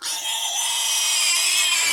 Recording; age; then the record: pig call; weaner (32 to 43 days)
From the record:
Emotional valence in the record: negative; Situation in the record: restrain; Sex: male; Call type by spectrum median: high-frequency call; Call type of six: high-frequency stable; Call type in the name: high-frequency stable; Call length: 2.0 s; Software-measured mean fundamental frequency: 344 Hz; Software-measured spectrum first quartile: 2969 Hz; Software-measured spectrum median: 4973 Hz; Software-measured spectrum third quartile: 7552 Hz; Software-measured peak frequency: 2270 Hz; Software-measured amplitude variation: 62 dB a second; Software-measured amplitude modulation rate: 26.9 a second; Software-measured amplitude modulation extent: 2.3 dB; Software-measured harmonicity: 0.9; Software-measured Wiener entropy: -1.73